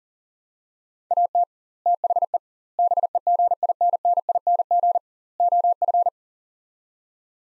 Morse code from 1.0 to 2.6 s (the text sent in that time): AT THE